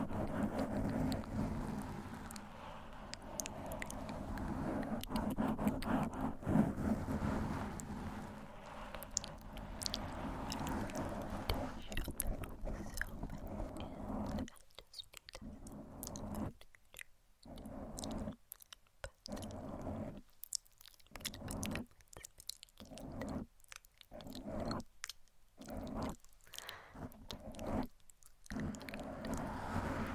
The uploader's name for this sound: Gentle Mic Scratching & Soft Inaudible Whispering